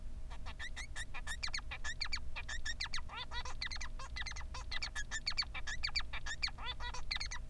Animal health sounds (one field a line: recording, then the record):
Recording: song of a male Bengalese finch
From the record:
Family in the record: son of father 3